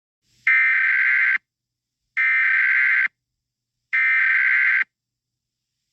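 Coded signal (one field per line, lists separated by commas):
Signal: Emergency Alert System (SAME) tones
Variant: header bursts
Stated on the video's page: Fictional EAS scenario, not a real alert.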